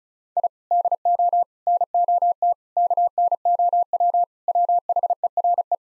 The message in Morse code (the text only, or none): I DO NOT KNOW WHERE